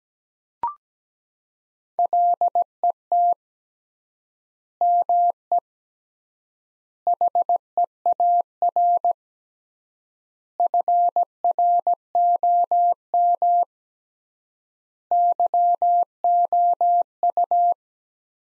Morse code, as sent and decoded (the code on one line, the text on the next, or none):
.-.. . - / -- . / .... . .- .-. / ..-. .-. --- -- / -.-- --- ..-
LET ME HEAR FROM YOU